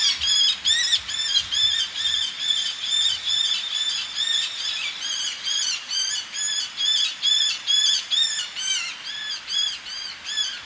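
Eleonora's falcon giving harsh, nasal arched calls repeated about twice a second in a steady series throughout.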